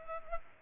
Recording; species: mosquito wingbeat signal from an infrared sensor; Culex pipiens